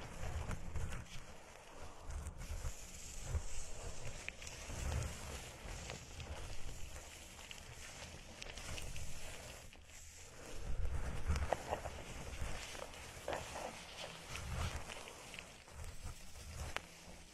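Plants are rubbed and circled around the ears, giving a dense, crackly rustling that never stops. The brushing swells and fades in slow waves, with fuller, rumbling passes around 5, 11, 14 and 17 seconds and a brief hush near 10 seconds.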